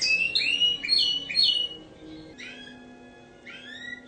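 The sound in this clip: Bird song of quick slurred whistles followed by quieter, rising drawn-out calls spaced about a second apart.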